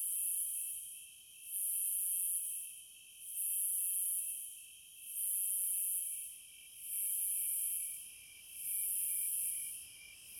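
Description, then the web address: Cicada call in regular pulses: shrill, high buzzes swelling and fading in a steady rhythm above a steady droning insect hum. "Sounds of Nature Collection 30 Cicadas"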